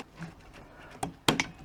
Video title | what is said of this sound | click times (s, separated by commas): When & How to change a Koi pond UV bulb or tube | again same routine a little click when it's in position | 1.3 s